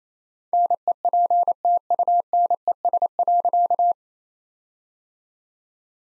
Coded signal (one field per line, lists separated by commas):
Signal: Morse code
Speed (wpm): 28 wpm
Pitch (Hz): 700 Hz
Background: none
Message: NEPTUNES.